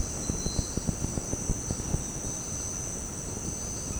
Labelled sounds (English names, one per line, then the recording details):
none
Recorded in dense forest near Puerto Asís, Putumayo, Colombia, on 19 February 2024 at 18:00
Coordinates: 0.486, -76.316
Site G6437